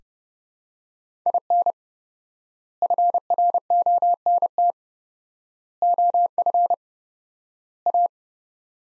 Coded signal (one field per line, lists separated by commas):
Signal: Morse code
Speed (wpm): 30 wpm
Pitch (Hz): 700 Hz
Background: none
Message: IN FRONT OF A